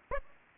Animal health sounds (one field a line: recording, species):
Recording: mosquito wingbeat signal from an infrared sensor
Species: Aedes aegypti